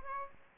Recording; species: mosquito wingbeat signal from an infrared sensor; Aedes aegypti